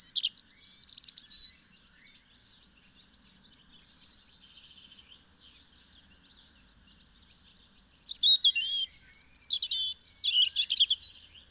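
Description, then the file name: European robin song: a high, tinkling phrase of trills and thin whistles, then a long quiet pause before another varied, jangling phrase with sliding notes. "Erithacus rubecula"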